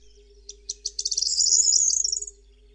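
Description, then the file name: Corn bunting song: stuttering opening notes quicken into a sharp, glassy, jangling trill about one and a half seconds long, over a constant faint hum. "POTRZESZCZ"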